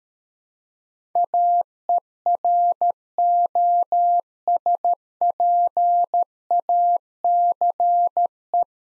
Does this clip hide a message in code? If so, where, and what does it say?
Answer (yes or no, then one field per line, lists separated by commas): yes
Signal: Morse code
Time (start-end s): 1.2-8.6 s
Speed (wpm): 13 wpm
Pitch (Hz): 700 Hz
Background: none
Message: AEROSPACE